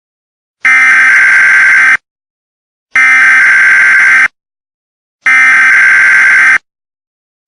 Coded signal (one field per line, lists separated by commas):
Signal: Emergency Alert System (SAME) tones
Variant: header bursts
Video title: EAS Scenario - Hurricane Luther